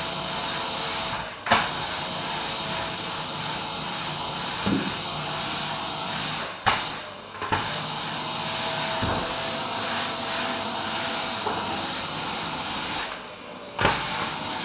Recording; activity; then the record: daily activity, microphone in the room; vacuum cleaning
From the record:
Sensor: 2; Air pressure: 994.3 hPa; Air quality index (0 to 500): 213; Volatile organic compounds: 1000 ppm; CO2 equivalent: 7027 ppm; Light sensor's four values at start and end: 51/117/49/50 and 51/118/50/50